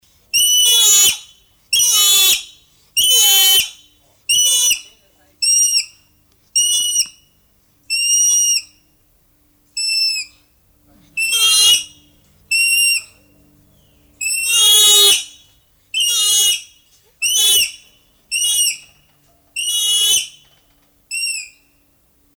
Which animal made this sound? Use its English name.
Bonobo